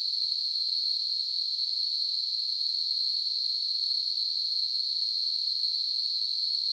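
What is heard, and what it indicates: A steady, high-pitched hissing whine centred near 4 kHz, with a faint higher overtone, continues unchanged for about seven seconds. It is a simulation of tinnitus, the ringing or hissing some people hear constantly with no outside source.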